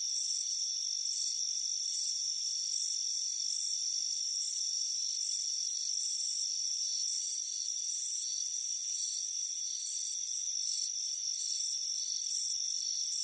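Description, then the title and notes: Shrill cricket chirps repeated in short even bursts roughly every half to one second, layered over a continuous high-pitched drone. Warm afternoon on a front porch. "Soothing Crickets Chirping Sound. It's a warm afternoon as you relax in a hammock on the front porch. Relax and fall asleep to the soothing sound of chirping crickets. Deep Sleep Sounds"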